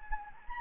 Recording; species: mosquito wingbeat signal from an infrared sensor; Anopheles gambiae